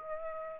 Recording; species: mosquito wingbeat signal from an infrared sensor; Aedes aegypti